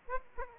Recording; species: mosquito wingbeat signal from an infrared sensor; Aedes aegypti